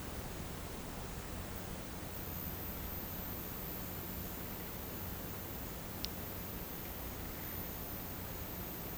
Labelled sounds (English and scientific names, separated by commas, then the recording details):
none
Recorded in pastures near Puerto Asís, Putumayo, Colombia, on 21 March 2025 at 09:30
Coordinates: 0.472, -76.329
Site G074